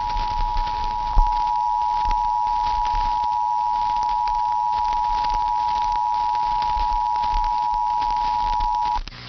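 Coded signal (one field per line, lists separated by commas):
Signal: Emergency Alert System (SAME) tones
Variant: 853 and 960 Hz attention tone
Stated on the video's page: EAS alerts received on a KiwiSDR.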